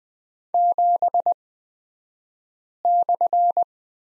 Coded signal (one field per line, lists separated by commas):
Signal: Morse code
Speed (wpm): 20 wpm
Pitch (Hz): 700 Hz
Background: none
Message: 7/